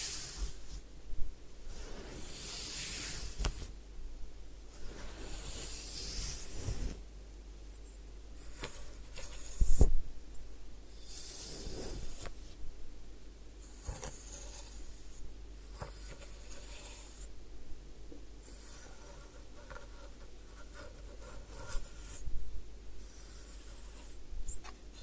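Hair washing and massage sounds: soft rubbing and scratching that comes in bursts, with bright hissy swells around 1–4 seconds, 5–7 seconds and near 12 seconds. A sharp tap or knock stands out near 10 seconds, and a low steady hum runs underneath.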